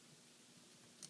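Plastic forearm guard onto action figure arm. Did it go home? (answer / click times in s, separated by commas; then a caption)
no / none. A second plastic forearm guard is handled against the arm of a Ronin Warriors Armor Plus Ryo of Wild Fire action figure, with quiet, steady handling noise throughout and a brief high-pitched tick at about 1.1 s. The guard has not snapped in or seated yet.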